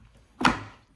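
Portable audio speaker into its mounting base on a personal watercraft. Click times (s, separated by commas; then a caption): 0.5 s. A portable speaker is pressed down onto the plastic recall support bracket on a Sea-Doo Spark personal watercraft, a bracket meant to keep the speaker from falling or breaking off. A single sharp click at 0.5 s, spreading from low to high pitch and fading over about a third of a second, marks the speaker latching and seating into its base before the tabs are turned in.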